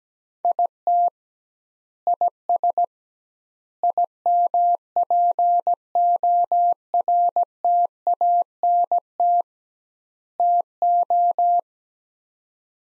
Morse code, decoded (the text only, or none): IT IS IMPORTANT TO